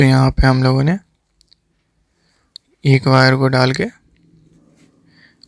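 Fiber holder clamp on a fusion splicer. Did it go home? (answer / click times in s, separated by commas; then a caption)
yes / 5.4 s. The stripped optical fiber is placed into the fiber holder of a Fujikura 28S fusion splicer and the clamp lid is closed over it. Someone talks, with a few faint ticks during a pause. A sharp click at 5.4 s marks the clamp locking shut, seating the fiber in place.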